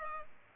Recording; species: mosquito wingbeat signal from an infrared sensor; Culex pipiens